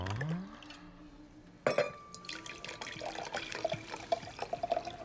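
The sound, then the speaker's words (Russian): Wine is poured into glasses as parents drink wine in a park: a short gurgling fill rising in pitch, a bright glass clink, then a steady trickle of liquid with light splashes and drips. No one speaks. “Родители Августа пьют вино.”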